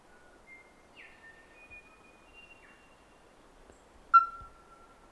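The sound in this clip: Kōkako song: several long, steady, flute-like notes at different pitches drawn out one after another, ending with a louder sustained whistled note, over a soft background hiss.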